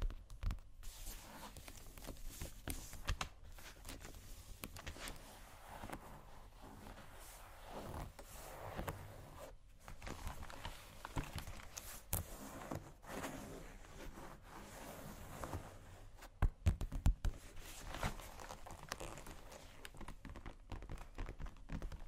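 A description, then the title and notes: Someone rummages through a makeup bag, with a steady run of soft rustling, crinkling and small clicks of items being shifted about. The handling is busy and irregular throughout, with a few brief pauses and a couple of sharper knocks around the sixteen-second mark. ASMR Rummaging Through My Makeup Bag （No Talking）.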